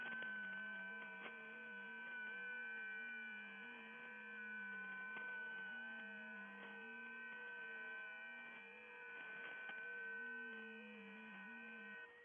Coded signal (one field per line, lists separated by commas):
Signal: FT8